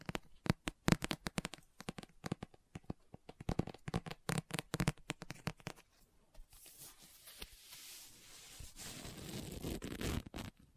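Rapid, sharp taps on a book fill the first six seconds, then give way to rougher scratching and a swelling rustle of pages.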